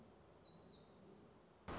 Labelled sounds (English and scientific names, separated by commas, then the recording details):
Black-throated Gray Warbler (Setophaga nigrescens)
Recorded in Sonoma County, California